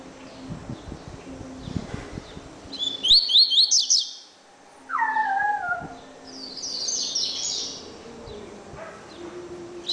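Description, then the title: Double-collared seedeater song: a bright burst of fast, sweeping high notes and a later warbled high phrase, with a lower descending whine between, over steady background hum. "Canto Coleiro"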